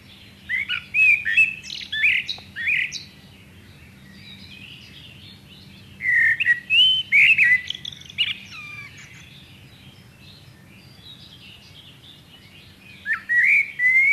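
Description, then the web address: Common blackbird delivering varied whistled song phrases that close in high chattering twitters, with pauses of several seconds between phrases. "chant xeno-canto merle noir"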